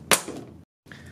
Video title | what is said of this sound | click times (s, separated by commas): Heated Lower Glass Install - 5th Gen Dodge Ram Tow Mirror Upgrade Kit (2019+) | once you have it lined up press down it'll snap into place | 0.1 s